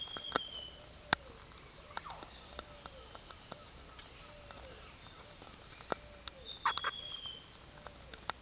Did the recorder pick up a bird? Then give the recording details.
yes. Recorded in secondary vegetation near Puerto Asís, Putumayo, Colombia, on 22 June 2025. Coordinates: 0.488, -76.319. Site G094